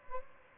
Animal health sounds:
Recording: mosquito wingbeat signal from an infrared sensor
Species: Aedes albopictus

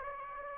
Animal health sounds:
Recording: mosquito wingbeat signal from an infrared sensor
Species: Aedes aegypti

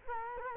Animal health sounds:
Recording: mosquito wingbeat signal from an infrared sensor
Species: Culex quinquefasciatus

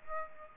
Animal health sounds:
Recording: mosquito wingbeat signal from an infrared sensor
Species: Aedes aegypti

